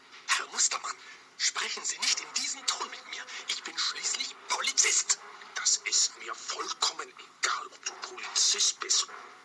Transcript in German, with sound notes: Herr Mustermann, sprechen Sie nicht in diesem Ton mit mir! Ich bin schließlich Polizist!
(flüstert) Das ist mir vollkommen egal, ob du Polizist bist!